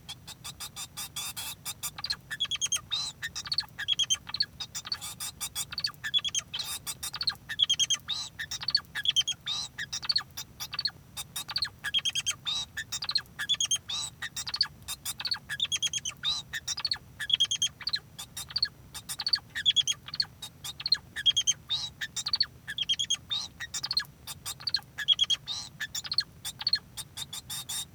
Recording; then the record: song of a male Bengalese finch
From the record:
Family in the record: son of father 2